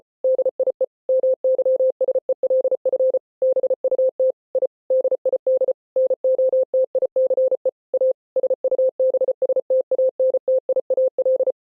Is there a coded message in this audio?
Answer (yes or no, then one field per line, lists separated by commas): yes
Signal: Morse code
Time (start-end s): 0.2-11.5 s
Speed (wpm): 33 wpm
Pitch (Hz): 520 Hz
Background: none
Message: DIE MYSELF BUT I DID NOTICE A SUBSTANTIAL